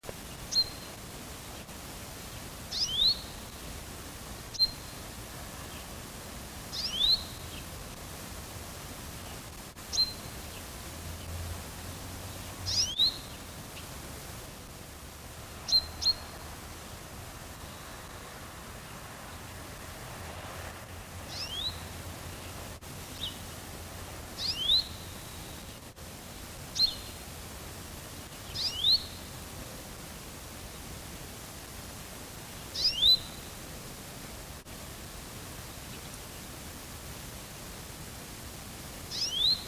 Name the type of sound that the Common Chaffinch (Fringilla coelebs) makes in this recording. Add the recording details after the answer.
call. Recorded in the wild. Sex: male. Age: adult. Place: Bielefeld-Mitte, Nordrhein-Westfalen, DE. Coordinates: 52.0078, 8.54806. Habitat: residential district. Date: 1966. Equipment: Uher 4000 Report-S, Bändchenmikro Beyer M 260, Parabolspiegel Polyester (470 mm). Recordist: Conrads, Klaus